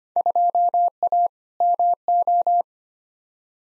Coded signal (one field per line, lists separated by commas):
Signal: Morse code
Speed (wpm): 25 wpm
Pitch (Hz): 700 Hz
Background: none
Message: 2A MO